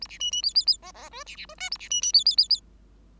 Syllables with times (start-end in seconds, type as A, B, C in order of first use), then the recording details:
0.01-0.07 A, 0.09-0.18 B, 0.20-0.31 C, 0.31-0.42 C, 0.42-0.54 D, 0.55-0.65 D, 0.67-0.77 D, 0.82-0.92 E, 0.94-1.09 E, 1.11-1.24 F, 1.26-1.36 B, 1.36-1.46 B, 1.49-1.55 F, 1.58-1.70 G, 1.71-1.78 A, 1.79-1.89 B, 1.90-2.01 C, 2.01-2.12 C, 2.13-2.24 D, 2.25-2.36 D, 2.37-2.48 D, 2.49-2.60 D. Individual Bird5